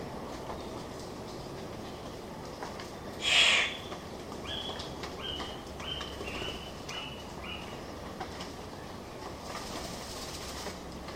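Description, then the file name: Victoria's riflebird giving one loud, harsh rasping call, followed by a stepped, descending series of short thin notes, all over a steady noisy hiss. "Ptiloris Victoriae"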